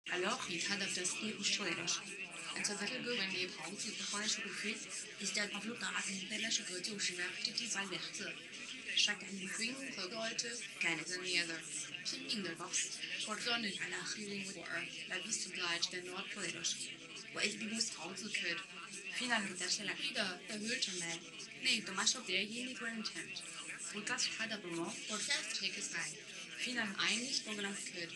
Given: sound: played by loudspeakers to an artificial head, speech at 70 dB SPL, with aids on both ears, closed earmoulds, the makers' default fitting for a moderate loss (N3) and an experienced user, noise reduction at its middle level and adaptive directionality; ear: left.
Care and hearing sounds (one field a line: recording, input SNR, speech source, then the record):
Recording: speech test signal (ISTS) in cocktail-party noise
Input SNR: +6 dB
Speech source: on the right (90 degrees)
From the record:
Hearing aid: class 1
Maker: J